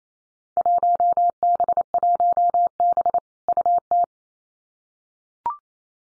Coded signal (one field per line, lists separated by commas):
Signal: Morse code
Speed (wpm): 28 wpm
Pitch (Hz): 700 Hz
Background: none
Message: 1B1B UT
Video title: Field Day Exchange Encore 28wpm